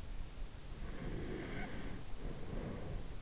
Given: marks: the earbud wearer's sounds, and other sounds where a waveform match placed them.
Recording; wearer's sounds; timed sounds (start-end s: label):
sounds in sleep by an in-ear microphone; breath
0.86-3.19 s: breath